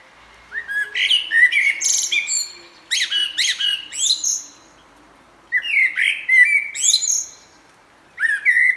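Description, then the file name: Common blackbird calling in four separate bursts of squeaky, upslurred notes mixed with high, thin twittering, each burst lasting up to about two seconds. "Turdus merula"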